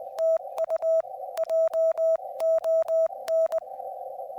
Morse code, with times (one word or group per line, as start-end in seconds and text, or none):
0.2-1.0 TU
1.4-3.6 JON